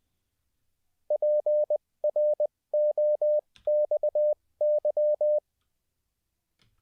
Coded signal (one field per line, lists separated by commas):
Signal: Morse code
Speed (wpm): 20 wpm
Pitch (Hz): 600 Hz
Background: none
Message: PROXY